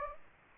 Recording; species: mosquito wingbeat signal from an infrared sensor; Anopheles gambiae